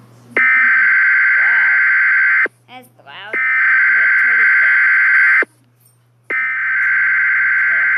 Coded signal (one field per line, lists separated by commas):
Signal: Emergency Alert System (SAME) tones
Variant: header bursts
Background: speech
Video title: Trever (Stikbot) Reaction of the Grieving EAS Scenario